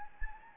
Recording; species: mosquito wingbeat signal from an infrared sensor; Anopheles gambiae